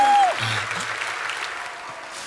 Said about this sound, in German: Der Saal tobt. Die magischen Tiere, die sich hinter der Kulisse versteckt halten, jubeln begeistert.